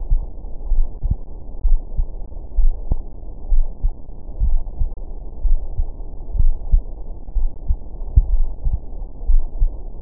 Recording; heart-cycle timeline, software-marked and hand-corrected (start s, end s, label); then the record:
heart sounds
0.00	0.10	systole
0.10	0.22	S2
0.22	0.70	diastole
0.70	0.86	S1
0.86	1.04	systole
1.04	1.16	S2
1.16	1.64	diastole
1.64	1.78	S1
1.78	1.96	systole
1.96	2.06	S2
2.06	2.58	diastole
2.58	2.74	S1
2.74	2.90	systole
2.90	2.98	S2
2.98	3.50	diastole
3.50	3.64	S1
3.64	3.82	systole
3.82	3.92	S2
3.92	4.42	diastole
4.42	4.60	S1
4.60	4.78	systole
4.78	4.90	S2
4.90	5.44	diastole
5.44	5.58	S1
5.58	5.76	systole
5.76	5.86	S2
5.86	6.36	diastole
6.36	6.54	S1
6.54	6.72	systole
6.72	6.82	S2
6.82	7.36	diastole
7.36	7.50	S1
7.50	7.68	systole
7.68	7.78	S2
7.78	8.30	diastole
8.30	8.46	S1
8.46	8.64	systole
8.64	8.78	S2
8.78	9.28	diastole
9.28	9.42	S1
9.42	9.60	systole
9.60	9.72	S2
9.72	10.02	diastole
From the record:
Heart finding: coronary artery disease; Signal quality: good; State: rest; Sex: male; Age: 72 years